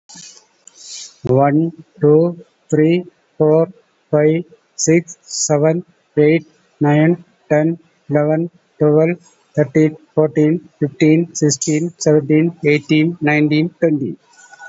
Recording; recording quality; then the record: counting at a normal pace; excellent, no background noise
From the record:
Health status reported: COVID-19 positive, mild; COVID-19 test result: positive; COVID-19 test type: RT-PCR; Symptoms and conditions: cough, fatigue, diarrhoea, hypertension, diabetes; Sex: male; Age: 66 years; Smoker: no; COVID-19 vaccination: both doses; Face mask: not worn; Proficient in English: yes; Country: India